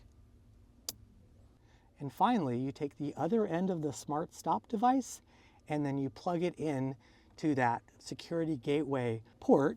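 A removed wiring harness connector from a Jeep Wrangler or Gladiator is plugged into the plastic connector of a Smart Stop stop/start override module. A single sharp click at 0.9 s shows the connector seating. Someone then talks.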